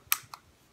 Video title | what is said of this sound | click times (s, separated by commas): Mod, Tank and Juice Review | clicks back in place very | 0.1 s